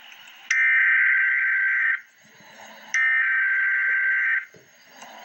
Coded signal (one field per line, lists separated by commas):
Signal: Emergency Alert System (SAME) tones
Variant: header bursts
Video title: Emergency Alert System - Wind Advisory - Mar 4, 2025 at 1:51 PM EST